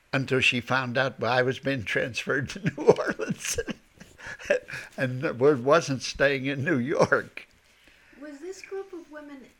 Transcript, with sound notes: until she found out that I was being transferred to New Orleans ( he laughs ) and wasn't staying in New York.
Was this group of women